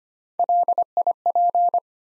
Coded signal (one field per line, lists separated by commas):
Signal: Morse code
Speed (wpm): 25 wpm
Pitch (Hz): 700 Hz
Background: none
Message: LIP